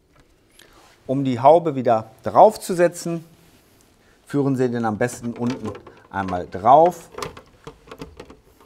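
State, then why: Not seated. A plastic hood cover is guided onto the bottom edge of a Flow X stairlift drive unit and lined up there while someone talks. Only small handling clicks are heard, and nothing has seated or clicked into place yet.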